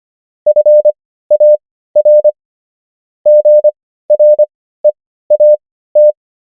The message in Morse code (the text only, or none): FAR GREAT